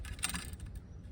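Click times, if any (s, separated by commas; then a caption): 0.2 s. The small knob-shaped legs of a metal pot support slide into the slots on the side of a Jetboil camping stove, with light metallic rattling and scraping. A sharp metallic click at 0.2 s marks the legs locking into place, followed by a few fainter taps.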